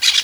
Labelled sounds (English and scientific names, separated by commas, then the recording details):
Brown-throated Parakeet (Eupsittula pertinax) contact call
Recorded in Venezuela
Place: Guárico; Corozopando; Fundo La Fe
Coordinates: 8.506, -67.593